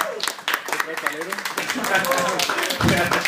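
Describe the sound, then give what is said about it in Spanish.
A crowd at a talk bursts into steady applause requested by the host, dense overlapping claps with a few whoops and cheering voices rising above them, growing slightly fuller toward the end. “Y aquí tenemos un respiro, les pido tener un aplauso”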